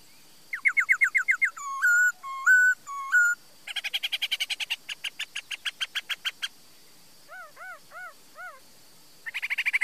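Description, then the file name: Laughingthrush singing a varied sequence of wavering whistles, clear level notes, fast buzzy trills and soft arched notes, each phrase separated by brief gaps. "Tieng khuou hot"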